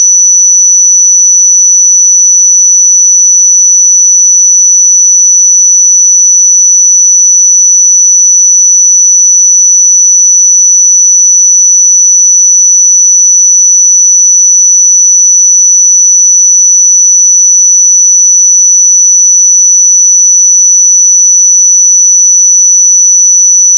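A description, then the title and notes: A pure 5943 Hz sine tone holds perfectly steady and unbroken for the whole clip, high and piercing, with nothing else around it. 5943 Hz 1 Hz Interval Sine Pure Tone Frequency 441000 Sample Mono.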